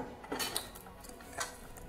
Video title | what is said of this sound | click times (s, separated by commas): ASUS 4090 TUF OC Unboxing, Review & Benchmarks | the click clicking is good make sure it clicks push it in all the way | 0.6 s